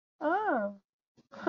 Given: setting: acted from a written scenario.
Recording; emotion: vocal sound without words; realization